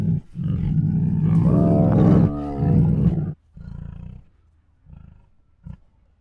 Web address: Sound Ideas Tigers Sound Effects Hungry Groans, Huffs, Moans and Snores [Sound Ideas]